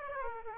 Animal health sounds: mosquito wingbeat signal from an infrared sensor; Aedes aegypti

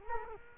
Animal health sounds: mosquito wingbeat signal from an infrared sensor; Culex quinquefasciatus

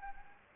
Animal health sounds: mosquito wingbeat signal from an infrared sensor; Anopheles gambiae

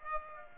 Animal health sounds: mosquito wingbeat signal from an infrared sensor; Aedes aegypti

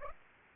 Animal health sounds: mosquito wingbeat signal from an infrared sensor; Aedes aegypti

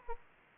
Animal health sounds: mosquito wingbeat signal from an infrared sensor; Aedes aegypti

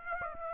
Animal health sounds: mosquito wingbeat signal from an infrared sensor; Aedes aegypti

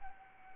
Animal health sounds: mosquito wingbeat signal from an infrared sensor; Anopheles arabiensis

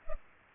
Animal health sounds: mosquito wingbeat signal from an infrared sensor; Culex pipiens

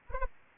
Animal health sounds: mosquito wingbeat signal from an infrared sensor; Anopheles arabiensis

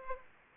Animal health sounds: mosquito wingbeat signal from an infrared sensor; Aedes aegypti

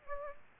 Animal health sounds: mosquito wingbeat signal from an infrared sensor; Aedes aegypti

